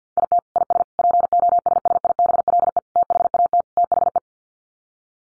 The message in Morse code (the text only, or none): IT IS POSSIBLE THAT THE